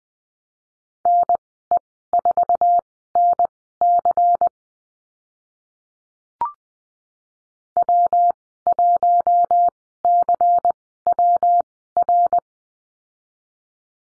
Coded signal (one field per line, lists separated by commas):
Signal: Morse code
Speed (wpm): 20 wpm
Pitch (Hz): 700 Hz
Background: none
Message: NE4NC W1CWR